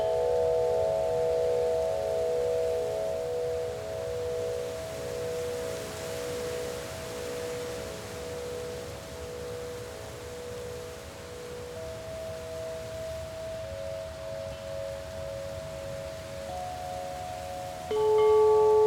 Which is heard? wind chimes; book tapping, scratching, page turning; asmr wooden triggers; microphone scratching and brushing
wind chimes